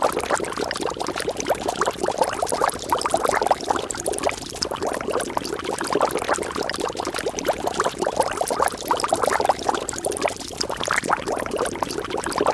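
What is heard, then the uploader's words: A cauldron bubbles steadily, a dense, continuous churn of small pops and gurgles centered in the mid range. The bubbling keeps an even level throughout, with slight surges around four and eleven seconds, and nothing else stands out. There is no dialogue, only the soothing sounds of the potion brewing. The gentle sound of a bubbling cauldron.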